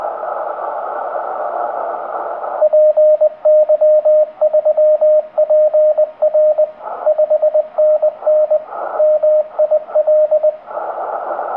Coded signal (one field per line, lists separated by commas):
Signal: Morse code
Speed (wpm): 20 wpm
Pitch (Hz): 610 Hz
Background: radio noise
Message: PY3PR 5NN MIL